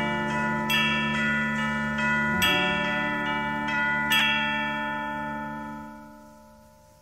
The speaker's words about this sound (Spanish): ¿Qué horas son? Son las 6. Las campanas dan din-don, te lo dicen en canción.